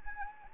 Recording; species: mosquito wingbeat signal from an infrared sensor; Anopheles arabiensis